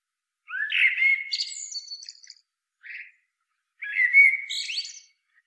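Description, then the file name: Common blackbird song: two fluty, mellow phrases rising into a thin high twitter, separated by a short squeaky note, with silence between phrases. "Turdus merula"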